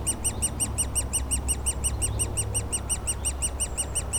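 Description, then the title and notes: Woodpecker nestlings giving rapid, continuous high squeaky begging notes over a steady low aircraft drone. Woodpecker nestlings squawking continuously in their cavity at the foot of a dead tree trunk, Bois Saint-Martin near Lognes aerodrome, Noisy-le-Grand, France; light aircraft and airliners flying overhead; recorded with a DR-40X. "Bois Saint-Martin Noisy-le-Grand, France - Oisillons et gros "volatiles" bruyants. Au pied d'un tronc d'arbre mort, les oisillons d'un pic dans leur cavité piaillent continuellement alors que des avions survolent la zone"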